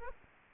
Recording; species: mosquito wingbeat signal from an infrared sensor; Culex quinquefasciatus